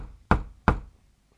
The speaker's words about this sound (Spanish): Vamos a pegar a la puerta y a ver si nos abren.